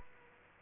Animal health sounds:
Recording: mosquito wingbeat signal from an infrared sensor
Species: Aedes aegypti

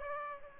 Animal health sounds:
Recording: mosquito wingbeat signal from an infrared sensor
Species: Aedes aegypti

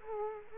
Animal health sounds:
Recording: mosquito wingbeat signal from an infrared sensor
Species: Culex quinquefasciatus

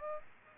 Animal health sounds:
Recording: mosquito wingbeat signal from an infrared sensor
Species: Aedes aegypti

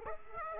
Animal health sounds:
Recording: mosquito wingbeat signal from an infrared sensor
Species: Aedes aegypti

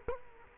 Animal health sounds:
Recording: mosquito wingbeat signal from an infrared sensor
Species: Culex quinquefasciatus

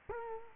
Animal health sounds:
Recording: mosquito wingbeat signal from an infrared sensor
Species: Culex quinquefasciatus

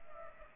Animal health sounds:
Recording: mosquito wingbeat signal from an infrared sensor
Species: Aedes aegypti

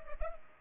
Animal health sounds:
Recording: mosquito wingbeat signal from an infrared sensor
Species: Culex pipiens

